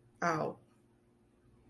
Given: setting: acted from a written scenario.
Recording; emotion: vocal sound without words; embarrassment